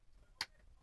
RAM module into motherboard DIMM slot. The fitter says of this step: Second side, do you hear a click? And you got it. You got that one.